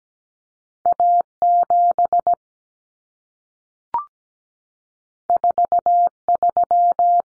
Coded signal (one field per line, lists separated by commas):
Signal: Morse code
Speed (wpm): 17 wpm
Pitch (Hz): 700 Hz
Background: none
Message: A7 43